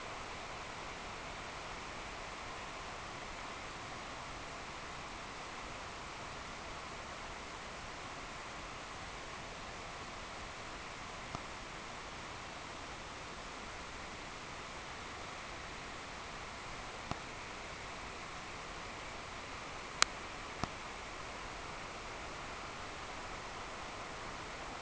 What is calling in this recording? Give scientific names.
none